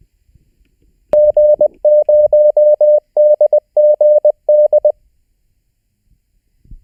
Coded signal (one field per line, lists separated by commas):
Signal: Morse code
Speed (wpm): 20 wpm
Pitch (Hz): 600 Hz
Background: none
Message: G0DGD